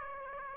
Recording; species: mosquito wingbeat signal from an infrared sensor; Aedes aegypti